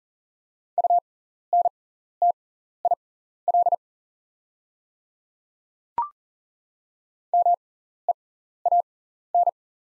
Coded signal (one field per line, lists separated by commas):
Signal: Morse code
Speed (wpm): 40 wpm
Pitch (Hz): 700 Hz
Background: none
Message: UNTIL MEAN